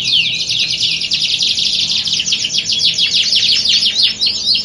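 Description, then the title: Canary song, unbroken high chattering trills that pulse quickly and then break into sharper repeated notes. Belgian canary; warm-up song used to train birds for singing contests, a contest simulation meant to build a champion canary's nerve. "Canto Para Esquentar Canário Belga. Simulasi Lomba Kenari. Suara Kenari Lomba. Melatih Mental Kenari Juara"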